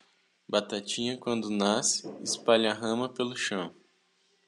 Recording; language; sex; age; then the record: short text; Brazilian Portuguese; female; 20 to 29 years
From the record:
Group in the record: control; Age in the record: 20 years